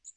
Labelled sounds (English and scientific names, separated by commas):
Magnolia Warbler (Setophaga magnolia) flight call